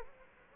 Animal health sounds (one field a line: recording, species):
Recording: mosquito wingbeat signal from an infrared sensor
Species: Culex quinquefasciatus